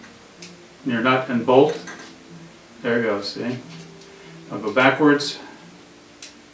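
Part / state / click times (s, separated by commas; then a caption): bolt in a nut / seated / 6.2 s. A bolt is turned backwards in a nut until the thread ends line up and drop in. Someone talks through most of the clip, with a faint tick near 0.4 s. The thread start clicks into place with a short, sharp click at 6.2 s, and the bolt is seated.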